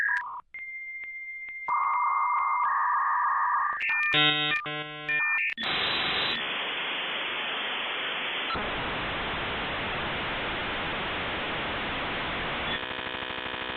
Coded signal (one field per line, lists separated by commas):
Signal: dial-up modem handshake